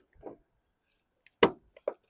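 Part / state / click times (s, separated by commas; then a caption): bearing retainer into its channel on a lawn mower drive-axle bearing / seated / 1.4 s. A metal bearing retainer is pushed with a screwdriver into its channel on the drive-axle bearing of a 2008 Toro Recycler model 20065 lawn mower. A low scrape near 0.3 s and a faint tick at 1.3 s are followed by a sharp, bright snap at 1.4 s, then a smaller tap near 1.9 s. The retainer clicks into place and is seated.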